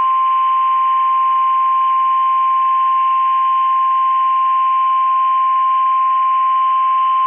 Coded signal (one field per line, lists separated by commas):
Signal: Emergency Alert System (SAME) tones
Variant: 1050 Hz attention tone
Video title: 12/22/21 THE BEST WAY TO SPREAD CHRISTMAS CHEER IS TO SEND RWT'S FOR ALL TO HEAR!!! EAS#130